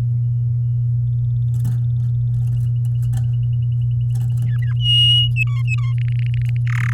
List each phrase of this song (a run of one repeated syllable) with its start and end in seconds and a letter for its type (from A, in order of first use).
4.46-4.73 A, 4.79-5.29 B, 5.36-5.94 C, 5.98-6.57 D, 6.67-6.93 E